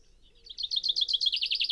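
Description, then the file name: Common chaffinch song: a fast series of bright, repeated chipping notes that keeps going to the end. "Fringilla coelebs"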